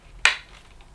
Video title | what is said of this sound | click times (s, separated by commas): Shark CV100UKT Bagless Cylinder Vacuum Cleaner Review & Demonstration | clicks into place and then press the button to release | 0.2 s